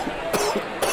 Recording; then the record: coughing mixed with background sound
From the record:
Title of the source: Coughing 79